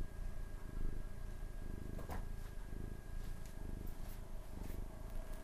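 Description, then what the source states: Cat purr, low and rhythmically pulsing throughout, with a few faint taps and rustles. Recorded 29 April 2006 at 19:51.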